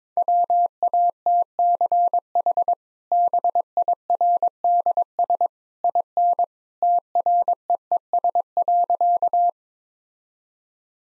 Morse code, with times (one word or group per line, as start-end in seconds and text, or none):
0.2-2.7 WATCH
3.1-5.5 BIRDS
5.8-6.4 IN
6.8-9.5 TREES.